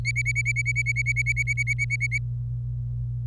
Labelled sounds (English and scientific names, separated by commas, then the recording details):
Domestic Canary (Serinus canaria) song
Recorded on 26 April 2018 at 10:13
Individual llb3